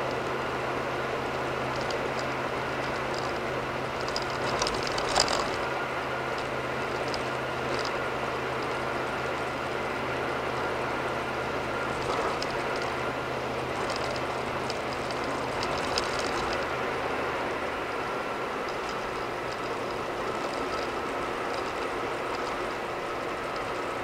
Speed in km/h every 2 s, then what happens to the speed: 101, 101, 103, 100, 100, 100, 101, 101, 98, 95, 92, 92.
0-14 steady at about 101. 14-19 slows to 92.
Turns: none.